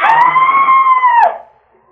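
A single high, steady human scream holds its pitch for just over a second, then breaks off abruptly, leaving a faint fading tail and then quiet.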